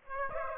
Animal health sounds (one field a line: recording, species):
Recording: mosquito wingbeat signal from an infrared sensor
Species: Aedes aegypti